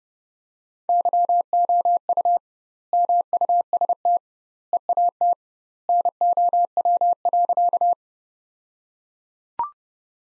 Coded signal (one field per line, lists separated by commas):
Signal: Morse code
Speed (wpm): 32 wpm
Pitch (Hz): 700 Hz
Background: none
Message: YOU MUST EAT NOW.